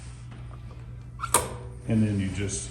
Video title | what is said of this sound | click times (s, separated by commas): 2021 Goldwing Tour DCT 4000 Mile Long Term Review (2022 Revised) | like I see, just pull it up, it ratchets up. I don't know if you can hear that clicking sound. | 0.5 s, 1.3 s